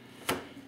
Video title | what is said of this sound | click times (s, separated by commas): FB Albatros (a bit of progress) | there we go pops right into place okay | 0.3 s